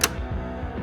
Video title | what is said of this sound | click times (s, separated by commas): Easy Guide: Replacing The Maintenance Kit On A VersaLink C500 and C505 Xerox Printer | it'll relatch that internal latch, and then you can slide it the rest of the way in until it clicks. | 0.0 s